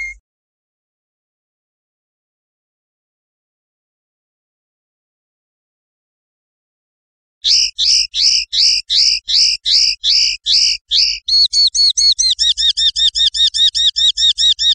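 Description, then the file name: European goldfinch song: a brief note, a long silence, then a rapid run of bright repeated notes that shifts midway into a faster twittering trill. "suara burung chardonneret atau goldfinch eropa om kicau"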